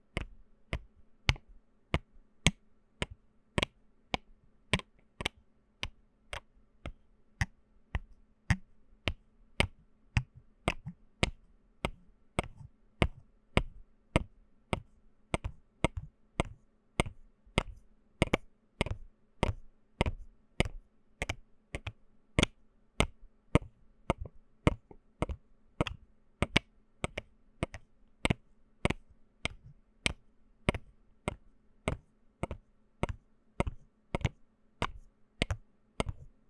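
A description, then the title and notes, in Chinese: Bottles and jars are knocked in a steady, even rhythm, roughly two sharp, bright taps every second for the whole stretch, with little change in pace or force. A faint low hum sits underneath between the strikes. 瓶瓶罐罐的撞擊.敲擊.抓撓。無人聲。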